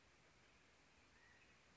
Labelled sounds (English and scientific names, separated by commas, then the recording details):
California Quail (Callipepla californica)
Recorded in Sonoma County, California